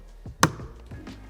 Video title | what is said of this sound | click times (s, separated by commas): Geht das ÜBERHAUPT noch besser?! - Dachzelt Vorstellung | wenn ich das ganze arretieren möchte, drücke ich sie leicht dagegen, bis es klippst und | 0.4 s